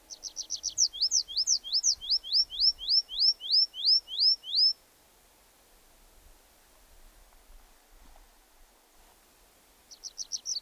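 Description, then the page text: Tree pipit song: quick repeated notes changing into a steady series of slurred, descending high chirps, about three per second, then silence before the next phrase starts. "Звуки птиц - Лесной конек"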